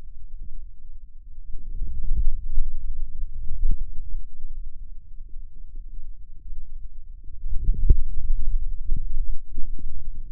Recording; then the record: forearm muscle sounds (acoustic myography)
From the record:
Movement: hand closing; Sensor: system 2, bracelet of six BSWA MPA416 microphones around the upper forearm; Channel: 5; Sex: male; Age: 22 years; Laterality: right